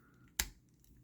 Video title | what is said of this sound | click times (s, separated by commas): Kingdom Megatron in Full Fossilized Armor | and it clicks. Did you hear that? It just clicks in there, dude. | 0.4 s